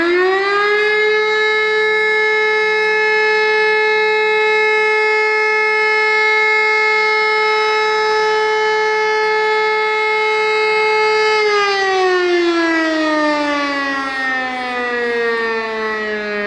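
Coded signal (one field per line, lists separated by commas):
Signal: siren signal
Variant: Siemens E57 Feueralarm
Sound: one steady loud siren wail for about 12 seconds, then pitch sinks as it winds down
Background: outdoor ambience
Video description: Alle Sirenen aus den Ortsteilen dienen rein der freiwilligen Feuerwehr und lösen auch nur das Signal "Feueralarm" aus.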